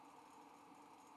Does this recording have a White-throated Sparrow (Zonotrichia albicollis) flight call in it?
no